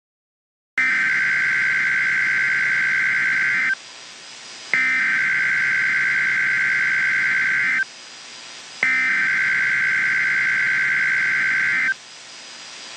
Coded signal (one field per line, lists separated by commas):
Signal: Emergency Alert System (SAME) tones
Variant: header bursts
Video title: The National Emergency part 1 EAS scenario ￼